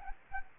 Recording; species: mosquito wingbeat signal from an infrared sensor; Anopheles arabiensis